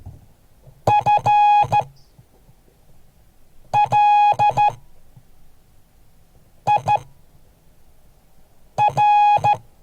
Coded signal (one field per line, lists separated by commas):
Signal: Morse code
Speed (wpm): 13 wpm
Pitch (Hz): 830 Hz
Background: none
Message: FLIR